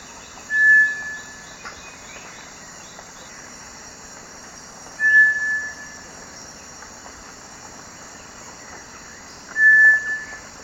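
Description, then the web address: Cinereous tinamou song: a single pure, steady whistle, repeated three times about every four and a half seconds, over a constant high insect drone. Recorded in Ecuador. "S America Birds of Ecuador. Cinereous Tinamou"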